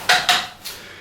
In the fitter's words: the click we're good to go and off we go for our journey